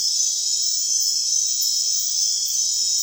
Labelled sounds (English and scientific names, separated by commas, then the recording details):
none
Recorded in secondary vegetation near Puerto Asís, Putumayo, Colombia, on 24 June 2025 at 00:00
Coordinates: 0.498, -76.327
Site GP09